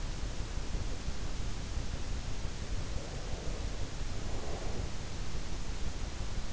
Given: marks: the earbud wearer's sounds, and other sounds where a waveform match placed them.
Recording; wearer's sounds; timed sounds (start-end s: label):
sounds in sleep by an in-ear microphone; breath
2.72-5.15 s: breath